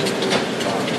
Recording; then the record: background sound without coughing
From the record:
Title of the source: Office Sounds Ambience - Background Noise for Study and Work